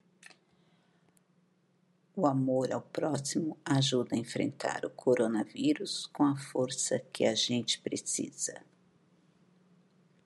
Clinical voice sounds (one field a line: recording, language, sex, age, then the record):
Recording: spoken sentence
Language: Brazilian Portuguese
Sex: female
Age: 50 to 59 years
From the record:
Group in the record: control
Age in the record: 54 years